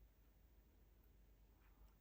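A plastic cockpit part is pressed into place in a 1/48 scale Supermarine Spitfire Mk1a model aircraft assembly. The audio is quiet and steady, with only a faint tick. The part has not seated or clicked into place yet.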